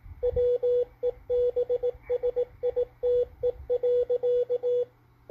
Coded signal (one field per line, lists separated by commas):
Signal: Morse code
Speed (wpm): 19 wpm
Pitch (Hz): 490 Hz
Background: radio noise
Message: WEBSITE.